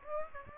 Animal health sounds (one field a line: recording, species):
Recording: mosquito wingbeat signal from an infrared sensor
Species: Aedes aegypti